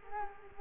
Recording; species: mosquito wingbeat signal from an infrared sensor; Culex quinquefasciatus